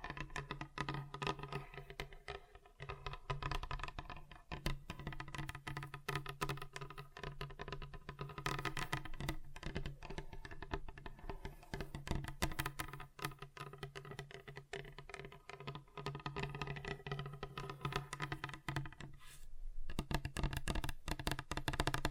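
Rapid, irregular tapping on a table, dense clicks like keyboard typing over a steady low hum, with a brief pause near twenty seconds.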